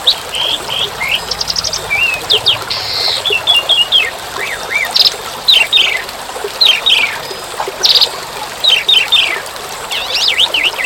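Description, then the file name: Asian pied starling singing a busy medley of sharp whistled notes, squawks and chattering rattles, steady throughout, against continuous rain or trickling water. Song mixed with a recording of rain. "suara burung jalak suren dan tengah hujan"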